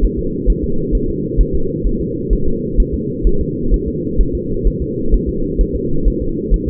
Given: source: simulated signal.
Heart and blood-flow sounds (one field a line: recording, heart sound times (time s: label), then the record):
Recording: fetal heart sounds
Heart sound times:
0.04 s: S1
0.19 s: S2
0.50 s: S1
0.64 s: S2
0.95 s: S1
1.09 s: S2
1.41 s: S1
1.55 s: S2
1.87 s: S1
2.01 s: S2
2.33 s: S1
2.48 s: S2
2.80 s: S1
2.94 s: S2
3.27 s: S1
3.41 s: S2
3.74 s: S1
3.88 s: S2
4.21 s: S1
4.35 s: S2
4.67 s: S1
4.82 s: S2
5.14 s: S1
5.29 s: S2
5.61 s: S1
5.76 s: S2
6.08 s: S1
6.22 s: S2
6.54 s: S1
6.68 s: S2
From the record:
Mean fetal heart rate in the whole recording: 130 bpm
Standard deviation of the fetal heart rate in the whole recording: 2 bpm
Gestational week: 36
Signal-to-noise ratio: -8.1 dB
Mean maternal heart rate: 72 bpm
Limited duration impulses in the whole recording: absent